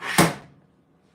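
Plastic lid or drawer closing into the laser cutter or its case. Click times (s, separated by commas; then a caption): 0.2 s. A plastic lid or drawer on a Creality Falcon 2 laser cutter, or its case, slides along and snaps shut at the end of its travel, seating at 0.2 s. A soft sliding whoosh leads into a sharp, broadband click-slam that fades over about 0.4 s into quiet. The part is seated, with the satisfying click credited to the tension of the plastic.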